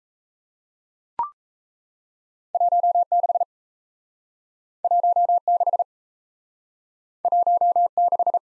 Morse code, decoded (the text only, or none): 16 16 16